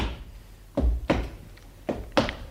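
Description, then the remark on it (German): Four heavy, dull footsteps land in two quick pairs with a pause between, approaching a couch with a thudding, low-pitched tread over faint background hiss, and no one speaking. “Entschuldigung, dieses Schicksal, verehrte Hörer, wird bestimmt von den Schritten, die sich soeben mit gefährlicher Markanz der Couch nähern.”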